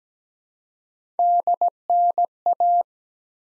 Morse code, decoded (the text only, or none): DNA